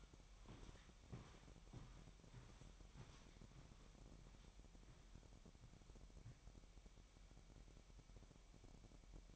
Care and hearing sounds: daily activity, microphone in the room; walk to room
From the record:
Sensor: 1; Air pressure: 1012.3 hPa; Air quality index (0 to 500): 191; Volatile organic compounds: 4 ppm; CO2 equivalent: 1538 ppm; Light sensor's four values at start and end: 81/193/82/87 and 83/200/84/90

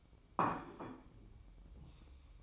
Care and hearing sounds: daily activity, microphone in the room; place plate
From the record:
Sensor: 1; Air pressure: 1007.6 hPa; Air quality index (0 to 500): 79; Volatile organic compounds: 1 ppm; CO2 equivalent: 681 ppm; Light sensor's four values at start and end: 9/23/9/10 and 9/23/9/10

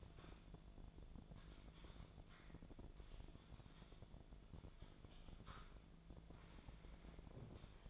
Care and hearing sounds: daily activity, microphone in the room; typing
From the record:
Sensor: 5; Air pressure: 1000.3 hPa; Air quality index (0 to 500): 116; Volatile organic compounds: 1 ppm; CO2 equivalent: 928 ppm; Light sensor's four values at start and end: 125/294/126/136 and 124/291/125/135

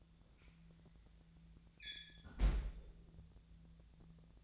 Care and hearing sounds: daily activity, microphone in the room; close fridge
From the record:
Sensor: 3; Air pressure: 1009.6 hPa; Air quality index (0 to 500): 193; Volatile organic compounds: 15 ppm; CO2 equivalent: 2506 ppm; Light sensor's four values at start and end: 38/94/40/43 and 38/94/40/43

